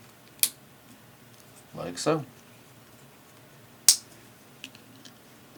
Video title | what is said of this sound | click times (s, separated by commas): How to Terminate a Panduit Cat6 Jack | just push up on this and you'll hear it click letting you know that it's seated properly like | 0.4 s